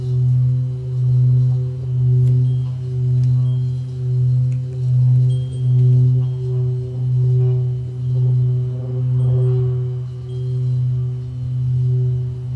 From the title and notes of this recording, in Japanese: 夜のシンギングボウルのサウンドヒーリング。チベタンシンギングボウルのサウンドヒーリングデス。